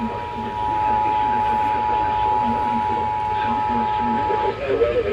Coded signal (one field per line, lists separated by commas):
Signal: Emergency Alert System (SAME) tones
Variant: 853 and 960 Hz attention tone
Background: speech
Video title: SVR on WXJ84, WKAZ AM, WKWS, WRVZ, WVAF & WKAZ FM (6/16/22) EAS 915-923